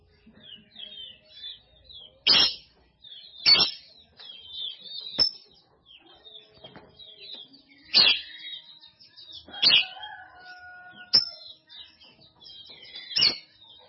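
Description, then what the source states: Canary song, high twittering trills broken by sharp loud chirps and a few clear whistled notes, delivered in irregular bursts. Indonesian master song of a champion canary.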